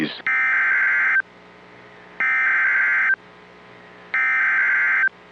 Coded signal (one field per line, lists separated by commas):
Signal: Emergency Alert System (SAME) tones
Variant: header bursts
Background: speech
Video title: Severe Weather Outbreak: EAS Alerts from Oct 24, 2025 on NOAA Weather Radio station KEC55 and WBAP